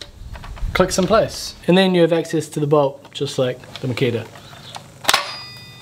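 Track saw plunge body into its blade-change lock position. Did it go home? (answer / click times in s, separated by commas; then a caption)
yes / 0.0 s. A plunge track saw body is pushed down into its blade-change lock position during a blade change, and the plastic and metal latch clicks sharply into place at 0.0 s, giving access to the blade bolt. Someone then talks, and another loud sharp click is heard near the end. The saw is locked for the blade change.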